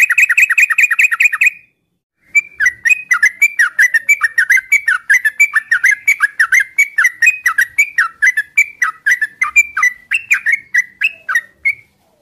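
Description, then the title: Oriental magpie-robin: a fast burst of whistles, a short pause, then a long run of clear downslurred whistled notes repeated at a steady quick rhythm. Bird in full vigorous song (gacor); whistled song used as a lure to provoke other magpie-robins into answering. "Pancingan Suara Siulan Kacer Gacor Mantap Untuk Memancing Kacer Lain Agar Mau Nyaut Bunyi"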